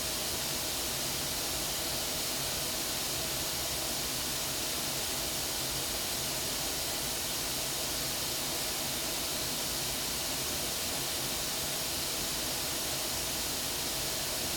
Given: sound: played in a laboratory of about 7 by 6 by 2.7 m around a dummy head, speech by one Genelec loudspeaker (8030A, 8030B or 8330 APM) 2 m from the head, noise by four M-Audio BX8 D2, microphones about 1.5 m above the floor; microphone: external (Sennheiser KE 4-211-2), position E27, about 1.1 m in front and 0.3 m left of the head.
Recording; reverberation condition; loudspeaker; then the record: white noise; low; four, about 170 cm from the corners of the room and facing them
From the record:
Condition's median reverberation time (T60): about 310 ms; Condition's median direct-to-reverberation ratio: about 3.5 dB